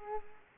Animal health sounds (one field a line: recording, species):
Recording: mosquito wingbeat signal from an infrared sensor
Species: Culex quinquefasciatus